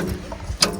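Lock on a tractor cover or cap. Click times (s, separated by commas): 0.6 s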